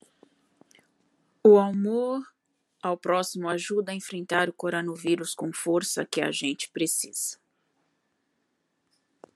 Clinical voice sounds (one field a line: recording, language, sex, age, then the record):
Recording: spoken sentence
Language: Brazilian Portuguese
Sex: female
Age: 40 to 49 years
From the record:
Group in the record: control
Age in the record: 44 years